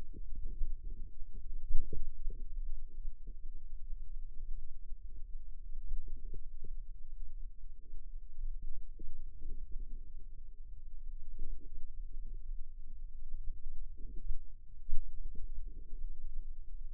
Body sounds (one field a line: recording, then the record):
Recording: forearm muscle sounds (acoustic myography)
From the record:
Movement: inward rotation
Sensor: system 2, bracelet of six BSWA MPA416 microphones around the upper forearm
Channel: 2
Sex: female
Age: 22 years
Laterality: right